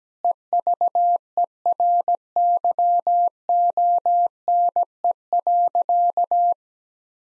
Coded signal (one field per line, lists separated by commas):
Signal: Morse code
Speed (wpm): 17 wpm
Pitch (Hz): 700 Hz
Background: none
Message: EVERYONE.